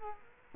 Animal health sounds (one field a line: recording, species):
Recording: mosquito wingbeat signal from an infrared sensor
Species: Culex quinquefasciatus